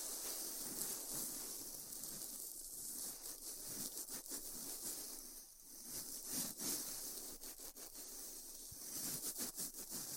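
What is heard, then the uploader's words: Styrofoam being heat cut, a steady hiss and crackle that fills the upper range and stays dense throughout. Quick sharp snaps and squeaks break through irregularly, clustering around the middle and toward the end, with a brief softer dip near the six-second mark. ASMR Styrofoam Heat Cutting (No Talking).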